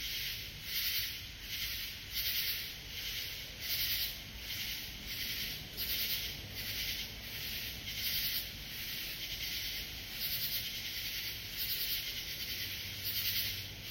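Katydid calls, crisp raspy bursts repeated steadily, high and scratchy, with a quiet hissing background.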